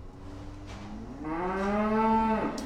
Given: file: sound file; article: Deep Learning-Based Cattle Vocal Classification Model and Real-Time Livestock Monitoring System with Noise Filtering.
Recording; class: cattle; food anticipating call